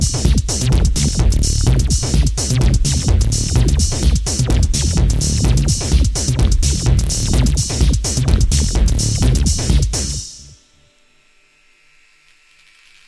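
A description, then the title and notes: Heavy distortion and noise roar loudly and densely for about ten seconds, with a deep throbbing low end and a harsh, hissy top. Rapid vertical clicks and crackles pulse through it irregularly. Near 10.5 seconds it cuts off abruptly into near silence. Lots of distortion and noise.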